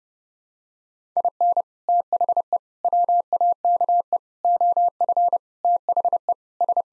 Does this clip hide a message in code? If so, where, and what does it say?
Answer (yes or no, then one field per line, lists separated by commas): yes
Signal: Morse code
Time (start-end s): 1.2-6.8 s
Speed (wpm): 28 wpm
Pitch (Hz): 700 Hz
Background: none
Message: IN THE WAKE OF THE S